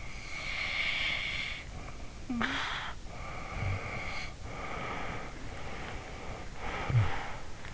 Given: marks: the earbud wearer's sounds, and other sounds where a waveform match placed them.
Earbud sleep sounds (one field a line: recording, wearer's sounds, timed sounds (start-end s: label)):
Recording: sounds in sleep by an in-ear microphone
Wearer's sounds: snoring breath, breath, talking in sleep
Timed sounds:
0.18-3.03 s: snoring breath
3.15-5.57 s: breath
5.65-7.74 s: breath
6.83-7.09 s: talking in sleep